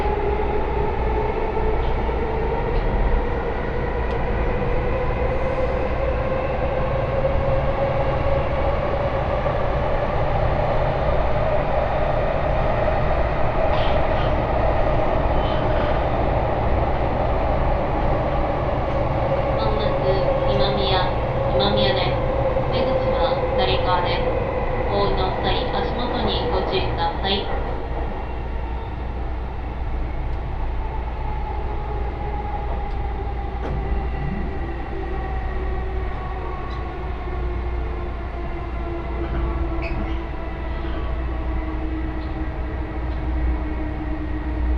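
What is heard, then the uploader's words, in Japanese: Riding an Osaka Loop Line train toward Kyobashi, the carriage gives a steady low rumble throughout, with a motor whine that rises and later drifts down in pitch. From about 20 to 27 seconds, bright clattering and squeaks from the wheels and rails come through. 耳で楽しむ鉄道旅 ＪＲ難波→新今宮→京橋→鴫野。大阪環状線の内回り電車に乗り換えて京橋に向かいます。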